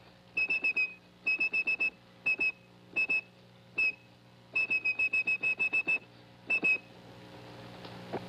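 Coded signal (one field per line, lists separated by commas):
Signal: whistle signal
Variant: 2600 Hz whistled tone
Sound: short high whistled tone pulses near 2600 Hz in grouped bursts, like dialing digits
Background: low hum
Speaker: So if you were good at whistling and you could whistle 2600 hertz, you could actually whistle your way to free phone calls.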